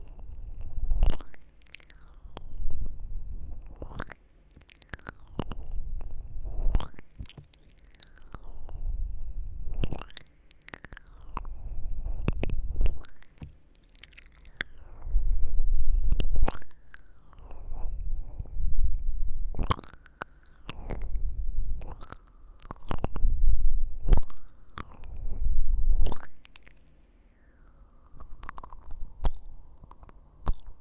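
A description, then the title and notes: Ear licking comes as wet, squishy bursts of smacking and slurping, each about a second long and repeating every two to three seconds across the whole stretch. Between bursts a soft low rumble fills the quieter gaps, and some strokes end in brief rising squeaks. 3DIO舔耳×視覺觸發 | 耳舐 | Ear Licking | Visual Triggers | NO Talking.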